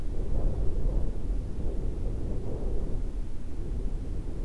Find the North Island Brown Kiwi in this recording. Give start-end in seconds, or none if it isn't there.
none